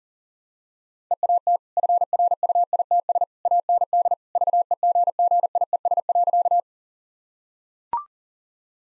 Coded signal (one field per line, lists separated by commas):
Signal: Morse code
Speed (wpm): 40 wpm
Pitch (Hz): 700 Hz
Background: none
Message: EAT FRUITS AND VEGGIES.